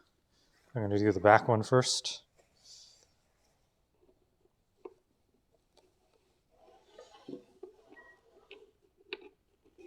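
Someone talks briefly, then handles the back clip-on piece of a plastic replica Doctor Doom mask/helmet, fitting it against the helmet with soft plastic rustles and a few light taps near 4.9, 7.6, 8.5 and 9.1 seconds. Nothing has seated or clicked into place yet.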